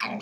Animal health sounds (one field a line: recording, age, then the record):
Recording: pig call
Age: piglet (1 to 25 days)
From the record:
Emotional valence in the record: negative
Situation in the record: long isolation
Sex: female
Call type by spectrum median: low-frequency call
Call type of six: low-frequency tonal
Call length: 0.21 s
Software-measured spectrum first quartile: 610 Hz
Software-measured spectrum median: 1399 Hz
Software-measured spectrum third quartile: 2645 Hz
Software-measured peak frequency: 218 Hz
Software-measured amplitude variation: 102 dB a second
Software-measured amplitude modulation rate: 16.4 a second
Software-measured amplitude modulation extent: 6.2 dB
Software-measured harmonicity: 1.9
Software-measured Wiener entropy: -1.79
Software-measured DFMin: 457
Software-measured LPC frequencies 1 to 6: 950, 2368, 4160, 4753, 5527, 6665 Hz